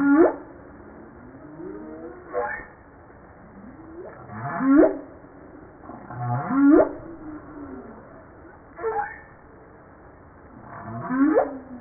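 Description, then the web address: Humpback whale song of repeated swooping calls, each rising steeply from low to high. Recorded 5 March 1994. "Voile'Ocean 940305 HUMPBACK"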